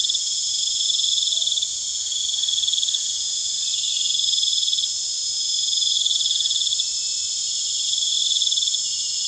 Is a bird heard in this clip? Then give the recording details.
no. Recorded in pastures near Puerto Asís, Putumayo, Colombia, on 21 December 2024 at 19:00. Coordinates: 0.472, -76.329. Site G072